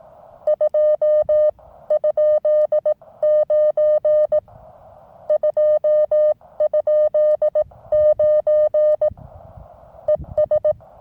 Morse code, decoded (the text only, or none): 2?9 2?9 ES